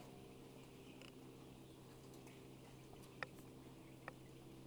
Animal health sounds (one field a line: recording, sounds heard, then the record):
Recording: poultry house recording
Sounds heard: healthy chickens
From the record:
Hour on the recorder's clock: 14